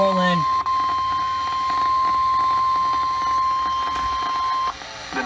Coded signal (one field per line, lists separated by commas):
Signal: Emergency Alert System (SAME) tones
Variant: 1050 Hz attention tone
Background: speech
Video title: Round 2 Of Warnings...EAS Alerts From August 24, 2020 (EAS #425-431)